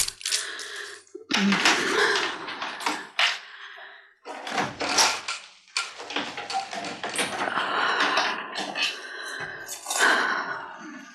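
Keys jingle and scrape in a lock, followed by several sharp metallic clicks and clunks as an apartment door is unlocked and pushed open, in irregular bursts with brief pauses.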